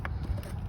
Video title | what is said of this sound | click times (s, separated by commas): Nitrous f150 getting oil change and air filter swap! | without even latching down the other side and then these will click in very simply | 0.1 s, 0.4 s